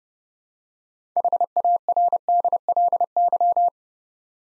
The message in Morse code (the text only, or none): HARDLY